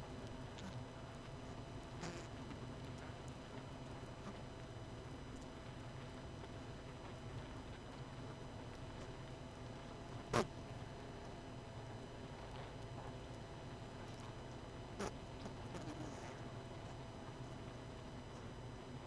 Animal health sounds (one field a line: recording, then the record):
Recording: honeybee colony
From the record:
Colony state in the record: missing queen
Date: 31 May 2018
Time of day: 22:18